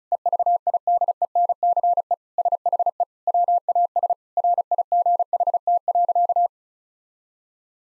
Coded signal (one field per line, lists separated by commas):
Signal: Morse code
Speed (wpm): 36 wpm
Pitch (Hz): 700 Hz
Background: none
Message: EVIDENCE SHE WAS RIGHT.